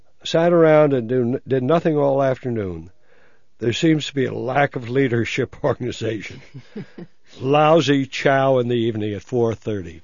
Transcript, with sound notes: Sat around and did nothing all afternoon. There seems to be a lack of leadership organization. ( they laugh ) Lousy chow in the evening at four thirty."